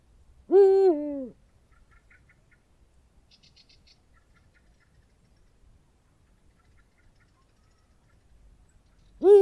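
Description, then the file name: Eurasian eagle-owl giving a deep, two-note hoot that falls at the end, with faint high chirps in the pause before a second hoot begins. "uhu bagoly hangja"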